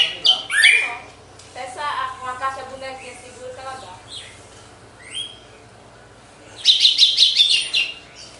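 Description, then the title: Red-cowled cardinal song: mixed twittering and whistled notes, then a bright rapid trill near the end over a low steady hum. Female singing after the moult; contest (disputa) song. "Canto Galo Campina Fêmea 02. GALO DE CAMPINA DEPOIS DA MUDA (disputa)"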